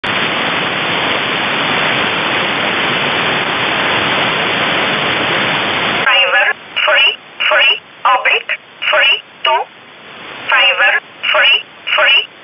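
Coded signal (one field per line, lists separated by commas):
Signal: numbers station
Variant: E11 Oblique, English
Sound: radio hiss for six seconds, then about twelve short evenly spaced spoken words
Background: radio static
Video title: 26 06 2019 E11 Oblique Numbers station in English 0900 on 7439 unknown tx site in USB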